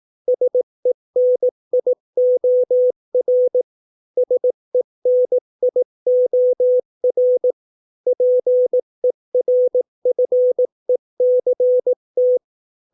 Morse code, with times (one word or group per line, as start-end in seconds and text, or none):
0.3-3.6 SENIOR
4.2-7.5 SENIOR
8.1-12.4 PERFECT